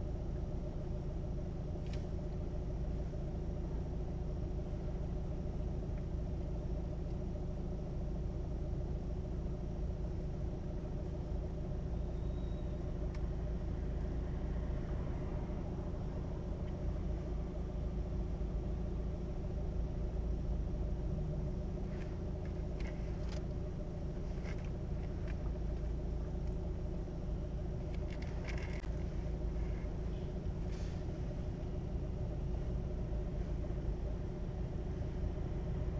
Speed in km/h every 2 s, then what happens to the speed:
0, 0, 0, 0, 0, 0, 0, 0, 0, 0, 0, 0, 0, 0, 0, 0, 0, 0.
0-36 standing.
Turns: none.